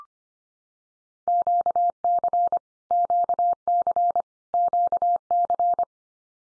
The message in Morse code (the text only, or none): QC QC QC